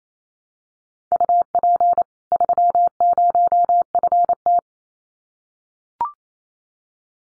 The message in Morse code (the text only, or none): UP 30FT